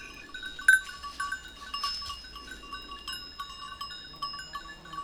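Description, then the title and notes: Goat bells ring sparsely, one sharp clang early on, then gentle scattered tinkles over a quiet background. A few goats grazing on a sloping meadow, their bells tinkling at random; Montcel near Chambéry, Savoie, France. "Village Tipi, Route du Revard, Chalets de la Clusaz, Montcel, Chambéry, Savoie, Auvergne-Rhône-Alpes, France métropolitaine, 73100, France - Les chèvres. Quelques chèvres broutent dans une prairie en pente, le raffiné tintement aléatoire de leurs clochettes empli l'espace, un discret criquet stridule dans les herbes"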